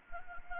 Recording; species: mosquito wingbeat signal from an infrared sensor; Anopheles gambiae